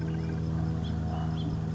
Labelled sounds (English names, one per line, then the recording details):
House Finch
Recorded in Sonoma County, California